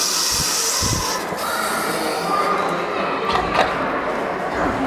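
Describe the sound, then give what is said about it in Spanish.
Steady rain falls in a dense, even hiss, with occasional louder patters and low thumps breaking through the constant wash of noise. “Y empezó a llover y ellas no se querían mojar.”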